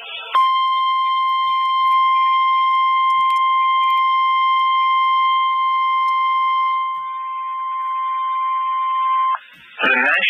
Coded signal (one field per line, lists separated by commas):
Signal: Emergency Alert System (SAME) tones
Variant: 1050 Hz attention tone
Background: speech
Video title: Axellent Craziness 2 (EAS Alerts from 12/10/21 #98-115)